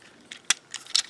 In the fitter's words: and they'll lock into place.